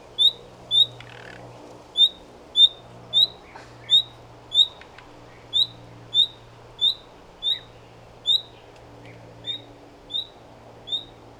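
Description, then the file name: Common nightingale repeating many short, upward-sliding whistled calls at somewhat irregular intervals, with a few soft clicks between. "Luscinia megarhynchos"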